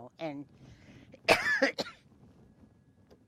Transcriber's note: coughs